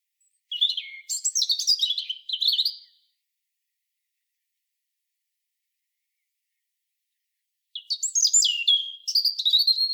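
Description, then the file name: European robin sings two high, twittering warbled phrases separated by several seconds of silence, the second cut off at the end. "Erithacus rubecula"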